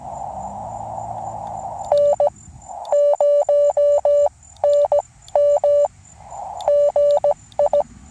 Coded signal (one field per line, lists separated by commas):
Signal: Morse code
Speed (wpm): 17 wpm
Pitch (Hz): 580 Hz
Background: none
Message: N0NM GI